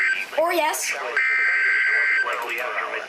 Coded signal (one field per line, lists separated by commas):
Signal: Emergency Alert System (SAME) tones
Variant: header bursts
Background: speech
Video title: NOAA Weather Radio EAS #66: Severe T-Storm Warning